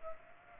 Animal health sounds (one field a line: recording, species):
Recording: mosquito wingbeat signal from an infrared sensor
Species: Culex pipiens